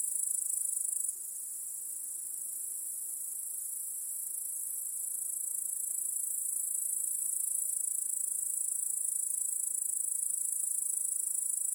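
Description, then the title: Crickets sustain a bright high-pitched trilling chorus, briefly quieter after the first second, then slowly building again. Cricket chorus in a home backyard at night. "Crickets in Your Backyard"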